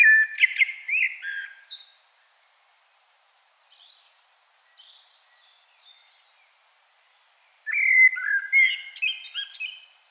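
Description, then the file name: Common blackbird singing two warbled fluty phrases, each closing with thin high twittering, separated by a quiet pause with faint soft high notes. "Turdus merula"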